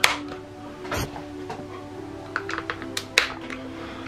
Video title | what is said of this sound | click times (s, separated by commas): How to Clean Shark Anti Hair Wrap Cordless Stick Vacuum Cleaner IZ201UK | And if you just twist that a little bit, you'll hear they click. | 0.0 s, 2.4 s, 3.2 s